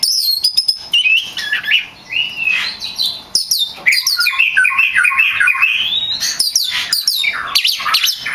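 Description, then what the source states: Oriental magpie-robin singing an almost unbroken stream of sweeping whistles, twittering trills and harsher notes, rising and falling in pitch throughout. Champion (juara) song, used as masteran tutor song.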